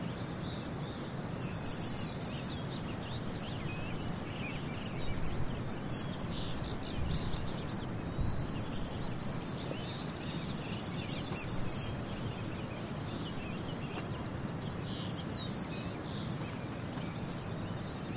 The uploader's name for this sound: 11 Mile Canyon